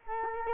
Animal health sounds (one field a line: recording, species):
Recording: mosquito wingbeat signal from an infrared sensor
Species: Culex quinquefasciatus